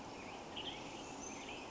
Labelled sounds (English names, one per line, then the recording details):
Western Tanager
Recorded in Sonoma County, California